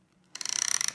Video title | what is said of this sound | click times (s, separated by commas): Descendeur Clutch | Donc vous allez entendre un déclic lorsque le dispositif est bien faux filé. | 0.4 s, 0.6 s, 0.7 s, 0.8 s